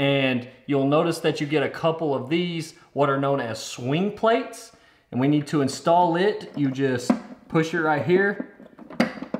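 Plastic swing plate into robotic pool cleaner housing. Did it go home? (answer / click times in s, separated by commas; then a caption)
no / none. A plastic swing plate is being handled and pushed toward the end of an Aiper Smart AIPURY1000 cordless robotic pool cleaner housing while someone talks throughout. A few brief sharp taps come in the final second near 8.8–9.3 s, but nothing has seated or clicked yet.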